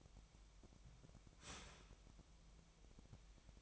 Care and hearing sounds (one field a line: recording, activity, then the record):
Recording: daily activity, microphone in the room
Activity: start toaster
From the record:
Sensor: 1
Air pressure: 1001.9 hPa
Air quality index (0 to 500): 238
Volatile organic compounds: 43 ppm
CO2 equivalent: 3196 ppm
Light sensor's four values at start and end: 11/36/13/15 and 11/36/13/15